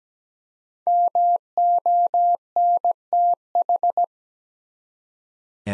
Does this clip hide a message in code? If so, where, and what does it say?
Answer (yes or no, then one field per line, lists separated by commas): yes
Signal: Morse code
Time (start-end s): 0.9-4.0 s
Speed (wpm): 17 wpm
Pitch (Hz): 700 Hz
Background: none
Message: MONTH